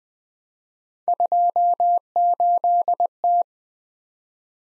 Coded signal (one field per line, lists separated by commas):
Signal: Morse code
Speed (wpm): 25 wpm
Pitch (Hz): 700 Hz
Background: none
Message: 28T